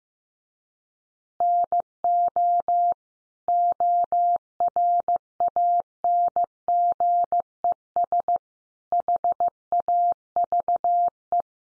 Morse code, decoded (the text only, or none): NO ORANGES HAVE